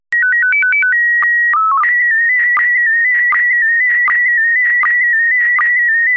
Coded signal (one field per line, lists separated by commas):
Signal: SSTV (slow-scan television)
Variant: PD 180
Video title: Slow Scan Radio, Ep. 12, October 24, 2018